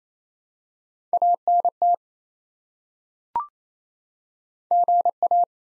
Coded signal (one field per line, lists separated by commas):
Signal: Morse code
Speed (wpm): 28 wpm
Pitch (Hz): 700 Hz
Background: none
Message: ANT GA